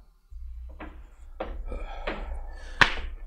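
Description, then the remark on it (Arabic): A heavy wooden door of cedar wood, eight centuries old, thuds several times at uneven intervals over a low steady rumble, each knock resonant and ringing briefly, with the final hit sharper and louder than the rest. “هذا الباب من خشب الأرز بلا شك.”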